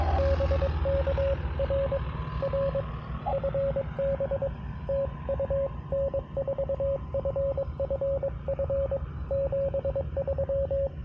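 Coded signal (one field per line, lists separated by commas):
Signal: Morse code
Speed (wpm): 22 wpm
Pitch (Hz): 550 Hz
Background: radio noise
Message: BK R R FB TU N4FFF 73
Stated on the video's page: Morse from a Parks on the Air and WWFF activation on 10 meters, sent with a field paddle on a QRP Labs QMX High-Band rig into an end-fed half-wave antenna.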